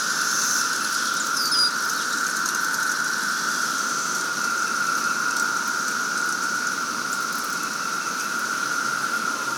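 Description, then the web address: Massed periodical cicadas giving a continuous, even drone, with a brief high chirp from a bird early on. Cicadas at Horse Creek Cemetery during the 2024 emergence. "The Psychologically Ultimate 220 Year Cicada Bloom. Horse Creek Cemetery Cicadas"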